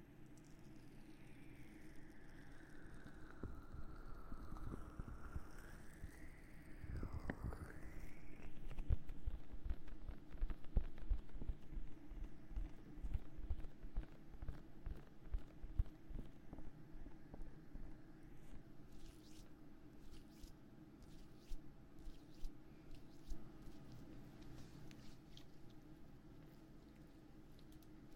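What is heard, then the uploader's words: Ear massage: soft squishy rubbing with dense, irregular crackles and taps. In the first nine seconds an airy sweeping tone rises and dips sharply near seven seconds. A low steady hum runs underneath, with sparser bright taps later. ASMR Ear Massage Ear Blowing (No Talking).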